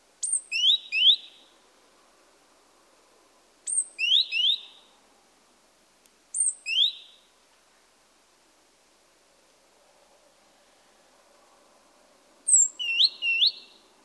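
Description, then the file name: Great tit calls: short, sharp downslurred notes in clipped groups of a few, repeated every few seconds with quiet pauses between. "Parus major"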